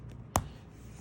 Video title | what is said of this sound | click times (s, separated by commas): THE “NOT-SO FIDDLY” REVERSIBLE APRON TUTORIAL | you hear that snap it'll cover the other one okay so there's that's | 0.4 s